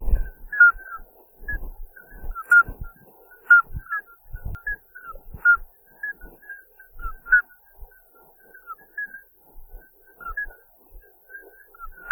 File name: Alytes obstetricans